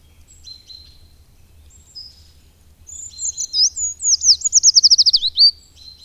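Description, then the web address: Eurasian treecreeper song: a few faint high thin notes, then a high, descending trill of sibilant notes. "agykontroll Madardalok Cd 1. Hegyi fakusz"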